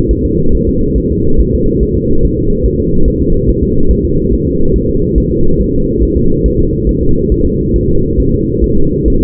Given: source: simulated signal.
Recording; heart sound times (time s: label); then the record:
fetal heart sounds
0.11 s: S1
0.25 s: S2
0.55 s: S1
0.69 s: S2
0.98 s: S1
1.12 s: S2
1.41 s: S1
1.55 s: S2
1.83 s: S1
1.97 s: S2
2.25 s: S1
2.39 s: S2
2.66 s: S1
2.80 s: S2
3.08 s: S1
3.22 s: S2
3.49 s: S1
3.63 s: S2
3.91 s: S1
4.05 s: S2
4.33 s: S1
4.47 s: S2
4.76 s: S1
4.90 s: S2
5.18 s: S1
5.32 s: S2
5.61 s: S1
5.75 s: S2
6.03 s: S1
6.17 s: S2
6.46 s: S1
6.60 s: S2
6.89 s: S1
7.03 s: S2
7.32 s: S1
7.46 s: S2
7.76 s: S1
7.90 s: S2
8.20 s: S1
8.34 s: S2
8.64 s: S1
8.78 s: S2
9.08 s: S1
9.22 s: S2
From the record:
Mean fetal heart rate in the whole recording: 140 bpm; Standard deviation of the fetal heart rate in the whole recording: 2 bpm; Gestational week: 34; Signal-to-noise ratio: -17.7 dB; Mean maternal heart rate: 72 bpm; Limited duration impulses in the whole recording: present